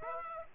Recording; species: mosquito wingbeat signal from an infrared sensor; Aedes aegypti